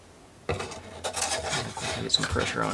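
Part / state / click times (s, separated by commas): plastic building brick on bookend model / not seated / none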